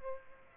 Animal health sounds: mosquito wingbeat signal from an infrared sensor; Aedes aegypti

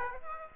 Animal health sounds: mosquito wingbeat signal from an infrared sensor; Aedes aegypti

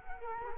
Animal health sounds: mosquito wingbeat signal from an infrared sensor; Culex quinquefasciatus

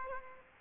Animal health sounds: mosquito wingbeat signal from an infrared sensor; Aedes aegypti

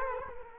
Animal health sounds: mosquito wingbeat signal from an infrared sensor; Culex quinquefasciatus

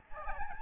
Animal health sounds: mosquito wingbeat signal from an infrared sensor; Aedes albopictus

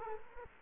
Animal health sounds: mosquito wingbeat signal from an infrared sensor; Culex quinquefasciatus

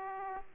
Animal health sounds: mosquito wingbeat signal from an infrared sensor; Aedes aegypti

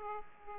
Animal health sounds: mosquito wingbeat signal from an infrared sensor; Aedes aegypti

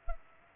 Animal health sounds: mosquito wingbeat signal from an infrared sensor; Culex pipiens

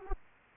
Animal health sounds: mosquito wingbeat signal from an infrared sensor; Aedes aegypti

